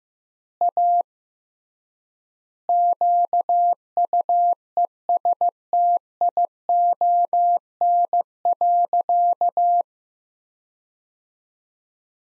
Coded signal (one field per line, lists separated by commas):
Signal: Morse code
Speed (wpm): 15 wpm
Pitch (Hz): 700 Hz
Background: none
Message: A QUESTION.